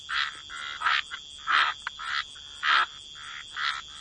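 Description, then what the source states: Frog calls as separate harsh croaks, roughly one or two per second at an uneven pace, over a faint steady high tone. Frog chorus.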